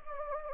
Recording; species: mosquito wingbeat signal from an infrared sensor; Anopheles gambiae